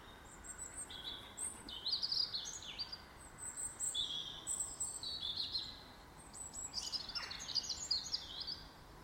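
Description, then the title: Songbirds give varied high chirps, short whistled phrases and trills, over a soft constant hiss. Recorded in a garden. "Birds Sounds in the Garden"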